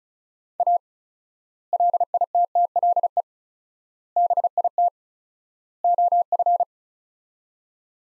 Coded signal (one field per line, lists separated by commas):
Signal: Morse code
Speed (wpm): 36 wpm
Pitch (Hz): 700 Hz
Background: none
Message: A LITTLE BIT OF